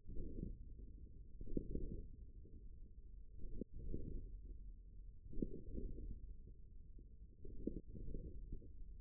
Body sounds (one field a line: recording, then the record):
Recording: forearm muscle sounds (acoustic myography)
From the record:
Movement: hand closing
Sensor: system 1, eight BSWA MPA416 microphones around the upper forearm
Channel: 3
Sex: male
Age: 41 years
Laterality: right